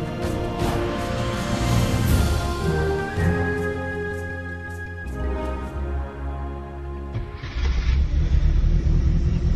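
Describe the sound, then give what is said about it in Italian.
The engine of a Fiat 500 Topolino small car runs steadily with a low, throbbing rumble and harmonic whine, shifting pitch as it revs, then a burst of louder, rougher noise near the end. “Questo rumore è il motore di una Fiat 500 Topolino, la celebre utilitaria con la quale molti italiani hanno attraversato l'Italia fino alla metà degli anni 50.”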